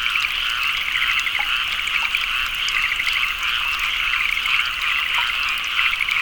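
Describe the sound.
Frog chorus of many overlapping callers, steady rattling trills.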